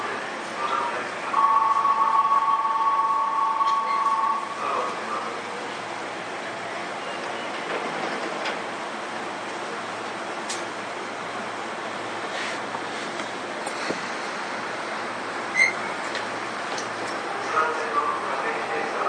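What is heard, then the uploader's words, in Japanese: Inside a Sotetsu 7000 series train between Yokohama and Daiwa, a steady rumbling ride with a two-tone chime early and scattered clicks and voices. 相鉄7000系 横浜ー大和。車体アルミ製20m長の車体。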